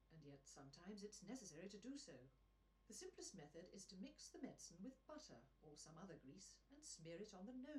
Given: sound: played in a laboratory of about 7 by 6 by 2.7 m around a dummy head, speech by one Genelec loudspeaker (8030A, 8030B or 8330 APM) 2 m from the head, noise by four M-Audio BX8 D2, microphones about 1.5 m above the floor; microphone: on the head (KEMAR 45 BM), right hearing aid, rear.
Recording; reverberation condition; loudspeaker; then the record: female speech in English; low; in front (0 degrees)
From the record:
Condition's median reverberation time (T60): about 310 ms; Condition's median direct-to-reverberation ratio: about 3.5 dB